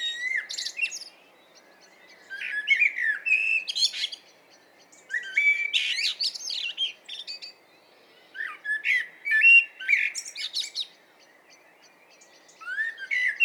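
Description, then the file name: Common blackbird singing repeatedly: fluting notes sliding up and down, topped by sharp high squeaks, phrases coming every few seconds. "Turdus merula"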